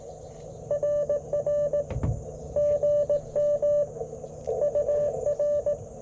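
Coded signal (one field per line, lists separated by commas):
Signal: Morse code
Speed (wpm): 19 wpm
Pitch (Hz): 590 Hz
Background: radio noise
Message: RR GM UR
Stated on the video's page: QRP CW Parks on the Air activation at a national forest, Icom IC-705 with Alex Loop antenna, Modern Morse Nameless key.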